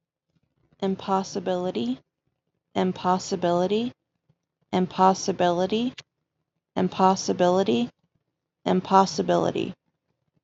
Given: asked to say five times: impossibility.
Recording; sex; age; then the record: repeated word; female; 20 to 29 years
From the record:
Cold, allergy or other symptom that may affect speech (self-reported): no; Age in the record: 28 years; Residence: Texas, United States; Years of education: 13